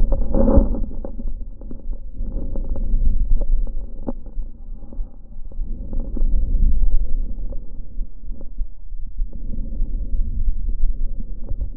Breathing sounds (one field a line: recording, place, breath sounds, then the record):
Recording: lung sounds by stethoscope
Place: right anterior upper chest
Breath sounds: normal breath sounds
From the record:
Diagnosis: none (healthy)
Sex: male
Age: 33 years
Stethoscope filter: diaphragm mode, 100 to 500 Hz